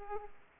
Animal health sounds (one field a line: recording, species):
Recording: mosquito wingbeat signal from an infrared sensor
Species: Aedes aegypti